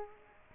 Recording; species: mosquito wingbeat signal from an infrared sensor; Culex quinquefasciatus